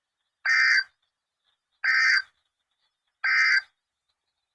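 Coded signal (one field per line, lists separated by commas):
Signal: Emergency Alert System (SAME) tones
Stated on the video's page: Severe thunderstorm alert for Arkansas from a NOAA weather radio station; earlier alert only partly caught.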